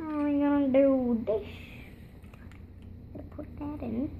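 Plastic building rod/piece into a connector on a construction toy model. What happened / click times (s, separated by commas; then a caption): The plastic piece is being handled but has not clicked home yet / none. Someone talks while a plastic K'NEX building piece is handled and pushed toward a connector on the K'NEX Mighty Makers Inventors Clubhouse model. A few faint, brief handling taps are heard in the middle of the clip. The clip ends before the piece goes home, so nothing has seated or clicked yet.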